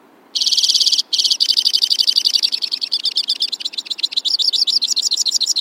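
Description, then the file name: White-winged crossbill song: a steady buzzy trill opening, then a long twittering run of rapid notes that rise and fall in pitch. "suara-kicauan-burung-white-winged-crossbill -omkicau"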